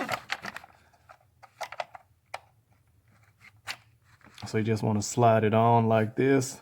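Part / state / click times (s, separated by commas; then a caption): wiring connector onto manifold pressure sensor / not seated / none. A wiring connector is being slid onto the MAP (manifold pressure) sensor on a Hemi intake manifold, with a few short sharp plastic handling ticks and rustles early on, followed by someone talking. The clip ends before the connector goes home, so nothing has seated or clicked yet.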